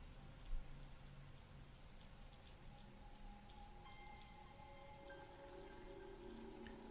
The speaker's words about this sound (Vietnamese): Mai vẫn cứ chạy đi trong màn mưa, mặc kệ cho trời tối mịt mùng